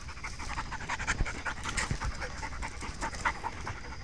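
Dog panting in quick, steady breathy pulses throughout, with a few slightly louder puffs and no barking heard.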